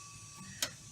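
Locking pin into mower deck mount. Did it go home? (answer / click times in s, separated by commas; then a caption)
yes / 0.6 s. While a mower deck is being reinstalled, the lever is released and the locking pin snaps into place on the deck hanger bar. A single short, sharp click at 0.6 s stands out over a quiet, steady background. The pin is seated and locked.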